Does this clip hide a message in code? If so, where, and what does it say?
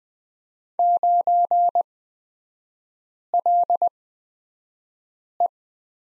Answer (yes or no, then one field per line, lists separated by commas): yes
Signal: Morse code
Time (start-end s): 0.8-5.5 s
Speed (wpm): 20 wpm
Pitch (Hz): 700 Hz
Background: none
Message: 9LE